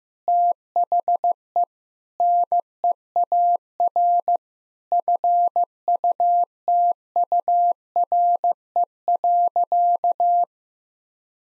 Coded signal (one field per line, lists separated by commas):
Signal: Morse code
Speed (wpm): 15 wpm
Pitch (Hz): 700 Hz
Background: none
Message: THE NEAR FUTURE.